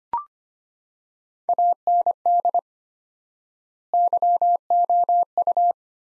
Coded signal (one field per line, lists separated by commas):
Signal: Morse code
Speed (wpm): 25 wpm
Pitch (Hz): 700 Hz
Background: none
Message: AND YOU